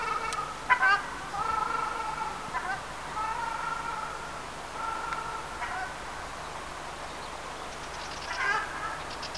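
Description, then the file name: Ruddy shelduck nasal honks, a few short calls followed by several longer level honks, over steady background hiss. "ogar golos"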